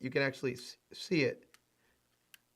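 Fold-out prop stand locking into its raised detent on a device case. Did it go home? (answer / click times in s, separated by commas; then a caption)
yes / 2.3 s. Someone talks while turning a fold-out prop stand on a device case up to its raised position. After the talking stops, a single faint tick at 2.3 s marks the stand locking into place.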